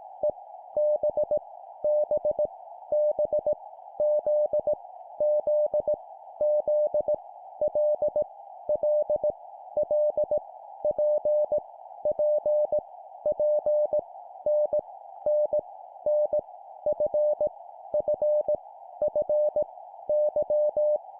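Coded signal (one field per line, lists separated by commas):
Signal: Morse code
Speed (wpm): 18 wpm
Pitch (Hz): 600 Hz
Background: none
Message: E B B B Z Z Z L L L P P P N N N F F F Y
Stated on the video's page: Morse practice drill at 17 wpm, random letters each repeated three times.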